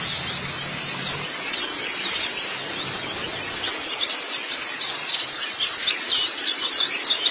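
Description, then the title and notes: White-eye song: fast, high-pitched twittering phrases of thin sweeping notes in uneven runs. "Kicauan Burung Pleci Durasi Panjang. Suara kicauan burung pleci"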